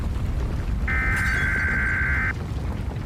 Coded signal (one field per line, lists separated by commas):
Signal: Emergency Alert System (SAME) tones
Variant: header bursts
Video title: Wasatch - An EAS Scenario